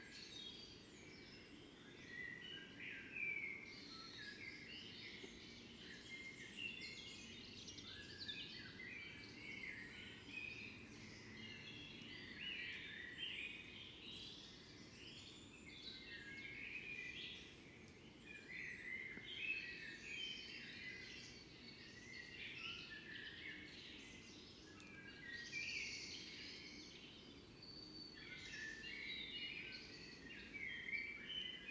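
An evening outside by a fox den, filled with a dense, continuous chorus of birdsong: many overlapping chirps and trills in the upper range that never pause for the full half minute. Beneath them runs a steady low rumble of outdoor noise.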